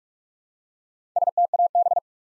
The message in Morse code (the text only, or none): STAB